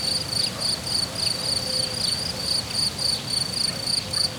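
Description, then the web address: Cricket song of evenly spaced high chirping bursts, roughly three or four each second, above a quiet low hum. Cricket recorded in nature at Hortobágy in 2014, described as idyllic; an insect landed on the left microphone. "allathangok termeszetben tucsok professzionalis 2014 idilli balmikrofonraraszallorovar hortobagy"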